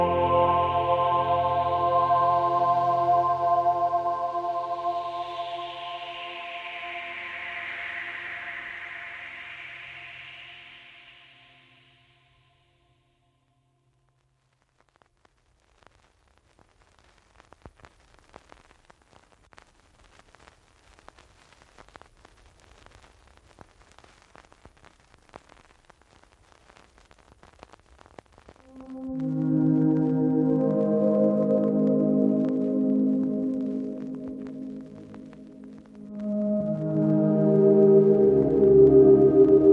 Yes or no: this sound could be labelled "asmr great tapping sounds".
no